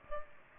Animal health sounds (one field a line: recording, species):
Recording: mosquito wingbeat signal from an infrared sensor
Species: Aedes aegypti